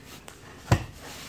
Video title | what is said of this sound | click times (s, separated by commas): LPFP replacement on an F-Series BMW | make sure it's pushed all the way back push down in the center you can hear it click | 0.3 s, 0.7 s